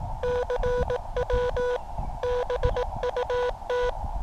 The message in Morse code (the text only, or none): CW BUT